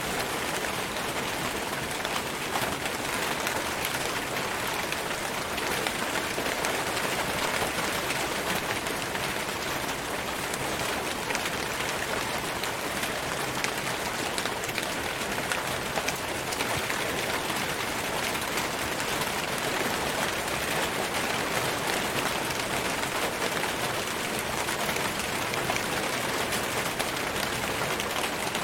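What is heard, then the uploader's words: Steady, dense rain hisses evenly throughout, a constant bright patter with no pauses, heavier mid and upper tones, and nothing else standing out. Natural rain sounds.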